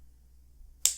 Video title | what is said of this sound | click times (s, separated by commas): Mount your GoPro Hero 5/6 to a tripod without a bulky case! A look at the Backbone Sidekick! | it straight in and you can hear it pop in so | 0.8 s